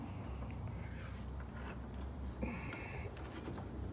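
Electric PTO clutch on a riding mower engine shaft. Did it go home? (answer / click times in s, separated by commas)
no / none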